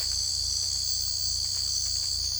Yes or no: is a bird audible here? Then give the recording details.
no. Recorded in secondary vegetation near Puerto Asís, Putumayo, Colombia, on 18 December 2024 at 03:00. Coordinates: 0.488, -76.319. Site GP04